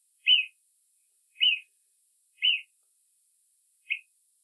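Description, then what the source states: Marmot uttering four short, piercing whistles about a second apart, the last one softer; faint steady high hiss in the background. Recorded in 2006.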